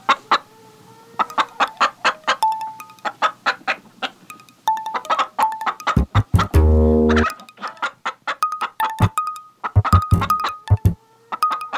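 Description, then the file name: Chickens clucking steadily in short repeated notes, with a loud low drawn-out sound breaking in partway through. "Huhn"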